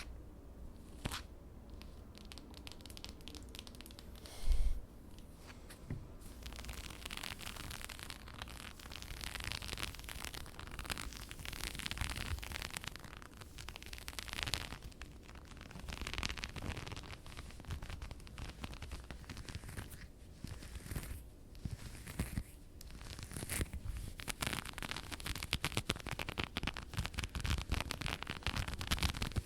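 Fabric of a dress scratches and rustles almost continuously in dense, uneven bursts, with a sharp thump near five seconds.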